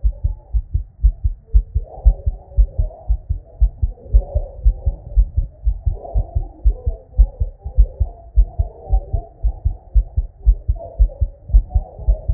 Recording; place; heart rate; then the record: heart sounds by stethoscope; Erb's point; 115 bpm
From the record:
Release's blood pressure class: hypertension stage 1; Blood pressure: 141/82 mmHg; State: at rest